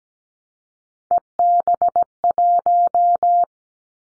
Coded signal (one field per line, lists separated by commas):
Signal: Morse code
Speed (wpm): 17 wpm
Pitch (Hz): 700 Hz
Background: none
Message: EB1